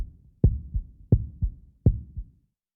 Heartbeat.